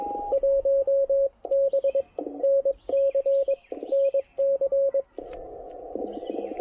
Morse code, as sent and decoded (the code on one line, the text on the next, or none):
.---- -... / -. -.-. / -. -.-.
1B NC NC